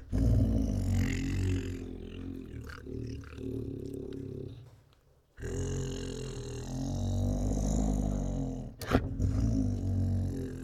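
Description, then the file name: Tiger growling in two long, deep, rumbling bouts separated by a brief pause, with a sharp click near the end. Tiger forcefully growling and licking. "Tiger Forcefully Growls and Licks [Sound Ideas]"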